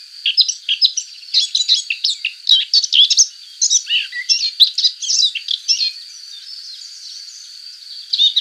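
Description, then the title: Subalpine warbler song: quick bursts of scratchy, buzzy twittering for about six seconds, a short pause with only a faint high hum, then the warble resumes. "Sylvain Jaskowiak - Mes piafs. Fauvette passerinette"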